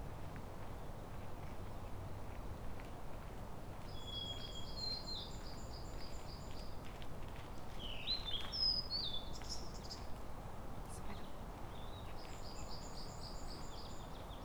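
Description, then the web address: Japanese tit calls: short runs of rapid high repeated notes and sharp chirps, in three bursts over steady low background noise. Recorded 30 April 2017. "kotorinomori kotori shijukara 170430"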